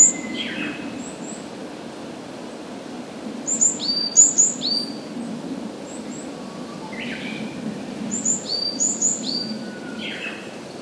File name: varied tit